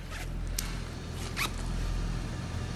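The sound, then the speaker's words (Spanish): A zipper is pulled down in a couple of quick, raspy bursts, with a steady low hum underneath and no one speaking. “Te baja la cremallera.”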